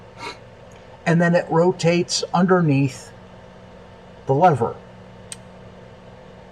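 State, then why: Seated. Someone talks while the loading lever of a percussion revolver is rotated back up under the barrel. At 5.3 s the metal lever gives one short, sharp click as it snaps into its latch and seats in place.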